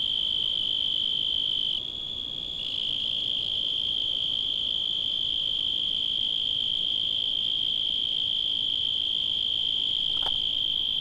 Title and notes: Grillo. grabaciones hechas en tavira, tangier, lima, bhubanshwar